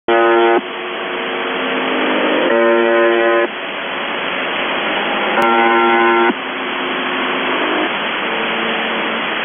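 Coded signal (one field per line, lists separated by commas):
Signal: numbers station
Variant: UVB-76 (The Buzzer)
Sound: repeated short low harsh buzzes, about one second each, over hiss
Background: radio static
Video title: The Buzzer/UVB-76(4625Khz) September 20, 2021 07:51UTC Voice message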